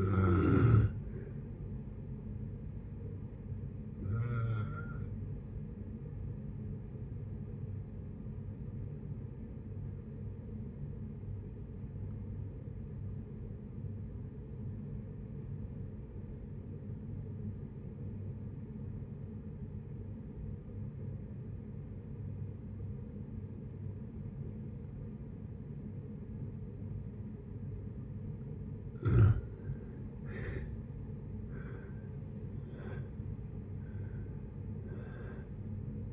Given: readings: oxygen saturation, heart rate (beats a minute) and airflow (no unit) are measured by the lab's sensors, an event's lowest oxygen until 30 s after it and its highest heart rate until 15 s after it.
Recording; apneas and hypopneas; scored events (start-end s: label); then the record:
breathing in sleep by a smartphone at the bedside; 1
8.00-30.00 s: obstructive apnea (N1, oxygen 97% highest, then 76% lowest, heart rate 58 at the start, 76 highest)
From the record:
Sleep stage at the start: N1 (lightest sleep); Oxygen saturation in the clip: 78 to 97%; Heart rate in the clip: 56 to 76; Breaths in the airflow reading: 5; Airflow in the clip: -7.1 to 8.3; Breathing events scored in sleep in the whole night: 496 in 5.4 hours asleep